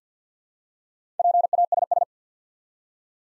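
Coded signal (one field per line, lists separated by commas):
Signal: Morse code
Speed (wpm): 50 wpm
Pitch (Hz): 700 Hz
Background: none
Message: PASS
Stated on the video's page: Morse practice set at 50 wpm, building 4-letter words two letters at a time, for instant character recognition.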